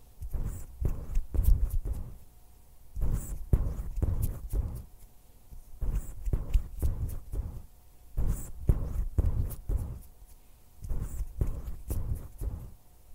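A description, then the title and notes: Hand sounds and soft mouth sounds come in quick clusters of taps and rustles, with brief pauses roughly every two seconds. The sounds are mostly low and soft, with occasional brighter clicks, and a faint steady hum sits underneath. Hand sounds, finger fluttering, mouth sounds.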